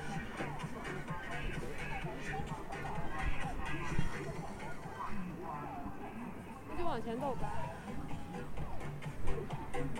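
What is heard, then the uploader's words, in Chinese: Street ambience on Andong Old Street in Dandong: overlapping voices chatter continuously over a low steady hum, with occasional brief clicks and knocks. 丹东，安东老街。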